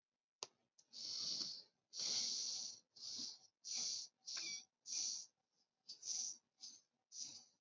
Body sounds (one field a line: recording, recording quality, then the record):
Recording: shallow breathing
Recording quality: excellent, no background noise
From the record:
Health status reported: exposed to COVID-19, no respiratory illness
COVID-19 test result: negative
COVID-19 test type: RT-PCR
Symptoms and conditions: cough, cold, fatigue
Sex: female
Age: 23 years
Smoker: no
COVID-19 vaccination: both doses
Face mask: not worn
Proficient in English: yes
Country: India